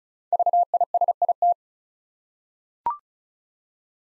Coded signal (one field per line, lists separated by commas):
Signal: Morse code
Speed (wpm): 36 wpm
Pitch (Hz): 700 Hz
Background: none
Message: VISIT